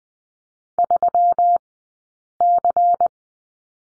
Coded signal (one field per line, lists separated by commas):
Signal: Morse code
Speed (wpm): 19 wpm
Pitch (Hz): 700 Hz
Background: none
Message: 3C